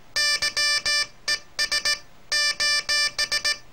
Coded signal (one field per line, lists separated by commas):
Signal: Morse code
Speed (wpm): 18 wpm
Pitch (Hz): 1750 Hz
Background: none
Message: YES :